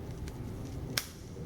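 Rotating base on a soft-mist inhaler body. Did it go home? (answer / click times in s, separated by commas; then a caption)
yes / 1.0 s. The clear plastic base of a soft-mist inhaler is turned half a turn in the direction of the arrows to prime it, with a faint tick at 0.3 s before a sharp click at 1.0 s. The base clicks into place at the half turn, so it is seated and primed.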